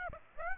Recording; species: mosquito wingbeat signal from an infrared sensor; Aedes aegypti